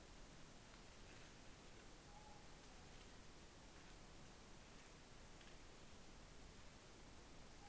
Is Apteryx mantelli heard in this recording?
no